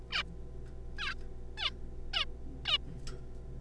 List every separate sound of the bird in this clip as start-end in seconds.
0.11-0.23, 0.98-1.14, 1.57-1.70, 2.13-2.25, 2.66-2.78